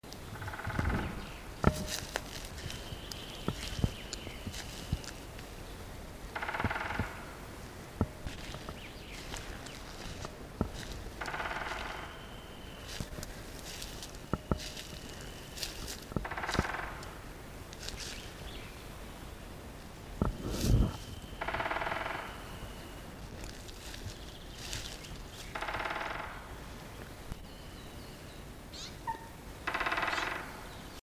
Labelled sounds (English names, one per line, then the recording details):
Great Spotted Woodpecker drumming
Eurasian Coot
Eurasian Nuthatch
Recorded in the wild
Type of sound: drumming
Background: Fulica atra, Sitta europaea
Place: Mühlenbecker Wald, Brandenburg, DE
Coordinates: 52.6833, 13.4
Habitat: Wald
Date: 1987-04-19 11:40
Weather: sonnig, 15°C
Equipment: Nagra SN, Kopie Tesla B 116
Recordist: Tembrock, Günter
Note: 16:41 - 16:55 min)